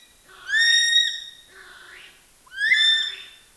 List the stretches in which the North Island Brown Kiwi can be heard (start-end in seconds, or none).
0.00-3.57